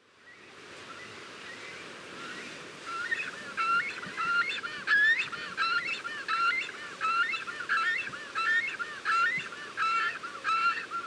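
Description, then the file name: Cormorant calling: after a few quieter seconds, a steady run of nasal honks follows over background hiss. Calling at the nest. "CORMORANS AU NID"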